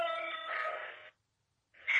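A woman's scream, heard in a psychophony (paranormal voice recording), rings out as a sustained, high, wailing cry for about a second, cuts off into silence, then a second loud burst starts at the very end.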